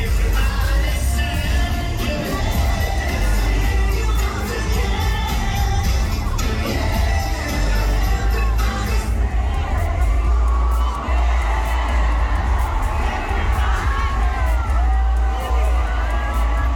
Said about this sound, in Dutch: Je hoort het publiek gaat nog steeds uit het dak. De mannen bleven zelf ook vrolijk springen en zingen. Alleen was er weinig meer van te horen.